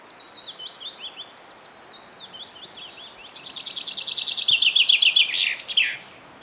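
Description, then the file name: Common chaffinch singing: soft repeated high notes lead into a loud, rapid trill closing with an emphatic falling flourish, then quiet background hiss. "Fringilla coelebs"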